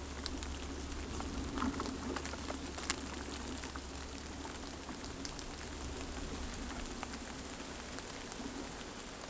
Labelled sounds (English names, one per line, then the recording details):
none
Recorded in pastures near Pivijay, Magdalena, Colombia, on 4 June 2023 at 10:30
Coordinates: 10.456, -74.369
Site P6-G026